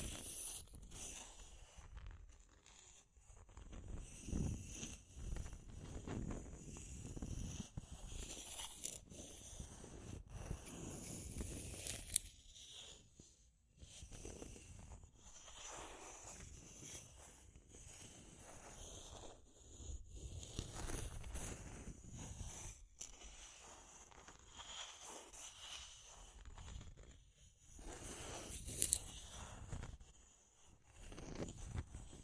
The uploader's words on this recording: ASMR Deep Scratching. (No Talking).